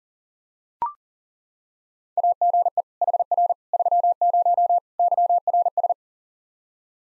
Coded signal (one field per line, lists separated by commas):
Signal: Morse code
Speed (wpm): 37 wpm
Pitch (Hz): 700 Hz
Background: none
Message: AGE HR 30 YRS